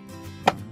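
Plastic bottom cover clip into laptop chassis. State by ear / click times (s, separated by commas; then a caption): seated / 0.5 s. The corner of the plastic bottom cover on a Dell E5540 laptop, refitted after installing memory, is worked into the chassis against a low steady background. A single sharp snap at 0.5 s is its clip seating, and the cover corner is snapped in place.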